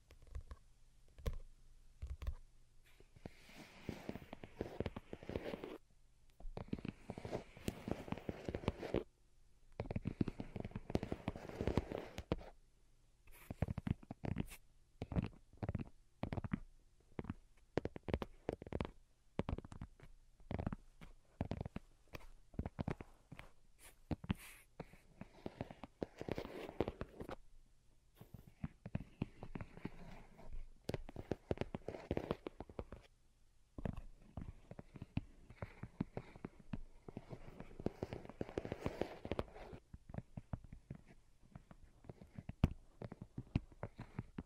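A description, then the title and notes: Delicate tapping runs through the whole recording in quick, irregular bursts of light clicks and taps, with short pauses between clusters. Some stretches carry a soft, fuller texture under the taps, while a faint low hum sits steadily beneath everything. Most Delicate and Calming Tapping. (No Talking).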